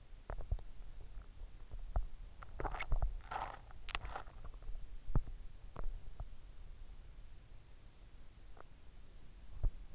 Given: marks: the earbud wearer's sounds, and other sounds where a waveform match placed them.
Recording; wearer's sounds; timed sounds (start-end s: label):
sounds in sleep by an in-ear microphone; teeth grinding, swallowing
0.00-0.77 s: teeth grinding
1.88-4.55 s: swallowing
4.99-6.73 s: teeth grinding